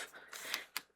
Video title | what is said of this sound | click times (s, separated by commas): Minnie's Mini Emporium ASMR [Miniature items store roleplay - odd southern accent] | the booklet just pops right in there. | 0.8 s